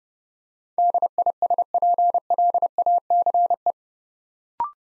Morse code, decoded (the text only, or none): DISPLACE